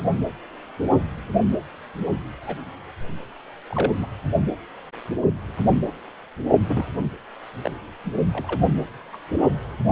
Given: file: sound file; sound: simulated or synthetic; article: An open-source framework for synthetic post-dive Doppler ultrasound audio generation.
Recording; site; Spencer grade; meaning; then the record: Doppler ultrasound audio after a dive; precordial; 2; Many but less than half of the cardiac periods contain bubble signals, singularly or in groups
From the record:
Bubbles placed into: full cardiac cycles